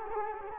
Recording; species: mosquito wingbeat signal from an infrared sensor; Culex quinquefasciatus